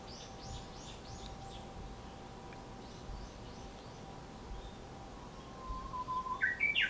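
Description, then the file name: Japanese bush warbler song: a held low whistle that swells, then a loud quick rising flourish of clear notes at the end; faint high chirps of other birds earlier, light background hiss. "uguisu"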